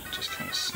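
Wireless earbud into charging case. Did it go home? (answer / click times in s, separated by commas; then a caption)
no / none. A Sennheiser CX True Wireless earbud is handled over its plastic charging case, where its magnets will pull it into its slot with a light snap. Music plays underneath with faint scratchy handling noise, and a brief sharp sound comes at the very end. The earbud has not seated or clicked into the case yet.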